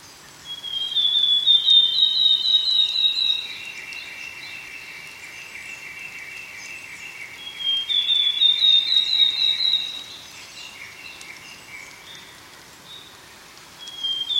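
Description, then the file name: Willow tit giving two full bouts of quick, thin high notes with a lower series of repeated notes, over steady background hiss. "kogara"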